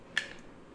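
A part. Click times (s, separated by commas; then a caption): 0.2 s. A Chigee AIO-6 motorcycle smart display is released from its handlebar quick release mount by pressing the release; it does not eject by itself, so it is pulled out and dropped down off the bottom lip. A single short, sharp click at 0.2 s marks it coming free, then quiet follows.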